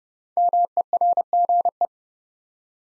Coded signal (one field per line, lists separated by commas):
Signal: Morse code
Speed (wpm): 30 wpm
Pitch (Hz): 700 Hz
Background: none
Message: MERGE